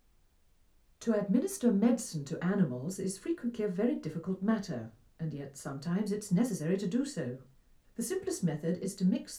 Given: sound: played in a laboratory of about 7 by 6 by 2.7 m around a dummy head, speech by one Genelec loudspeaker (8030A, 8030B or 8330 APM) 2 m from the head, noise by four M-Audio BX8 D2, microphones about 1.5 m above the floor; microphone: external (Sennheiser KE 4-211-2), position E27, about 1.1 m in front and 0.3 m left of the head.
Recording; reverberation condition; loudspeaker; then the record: female speech in English; low; 60 degrees to the right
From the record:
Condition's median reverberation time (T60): about 310 ms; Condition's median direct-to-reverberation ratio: about 3.5 dB